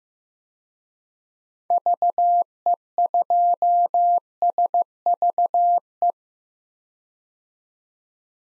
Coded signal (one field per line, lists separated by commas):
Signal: Morse code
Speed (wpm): 15 wpm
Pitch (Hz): 700 Hz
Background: none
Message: VE2SVE